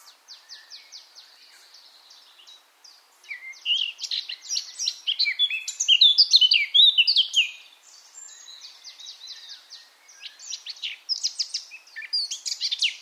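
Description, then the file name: Eurasian blackcap warbling: a soft run of rapid scratchy ticks, then a loud burst of jumbled high twittering, and quieter chattering phrases afterwards. "Sylvia atricapilla"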